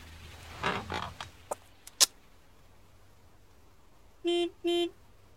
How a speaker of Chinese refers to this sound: 直至这车又鸣一声喇叭，才抓起提包走去。